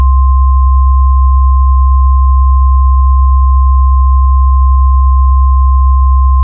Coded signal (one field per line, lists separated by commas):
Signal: Emergency Alert System (SAME) tones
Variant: 1050 Hz attention tone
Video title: (EAS MOCK) The TOR in a slight risk